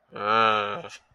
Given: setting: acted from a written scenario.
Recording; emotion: vocal sound without words; contempt